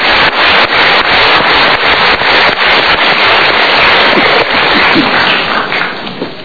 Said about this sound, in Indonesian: Oke, kita berikan tepuk tangan.